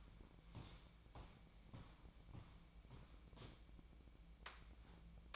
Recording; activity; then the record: daily activity, microphone in the room; walk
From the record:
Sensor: 1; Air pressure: 1012.2 hPa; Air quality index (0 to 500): 179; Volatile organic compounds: 3 ppm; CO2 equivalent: 1473 ppm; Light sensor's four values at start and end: 45/124/50/62 and 47/127/52/64